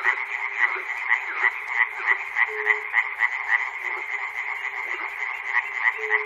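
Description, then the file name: Many frogs croaking at once, pulsed calls overlapping in a continuous chorus with a couple of short low tones. Recorded at Chernobyl. "peter cusack-chernobyl frogs"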